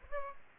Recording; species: mosquito wingbeat signal from an infrared sensor; Aedes aegypti